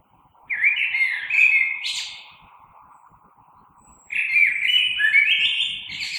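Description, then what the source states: Common blackbird song: a fluty warbled phrase ending in a high squeaky flourish, then a second phrase after a pause, over a faint steady hum. Recorded 3 March 2020.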